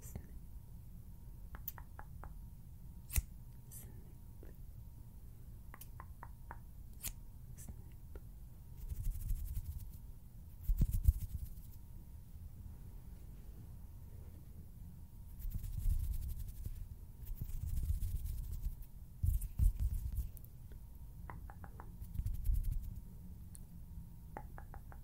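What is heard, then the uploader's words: Scissors snip in sharp clicks scattered throughout, with bursts of rapid fluttering rustle near 9–11, 15–18 and 22 seconds over a low rumble. HAND SOUNDS, FINGER FLUTTERING, SCISSORS SOUNDS.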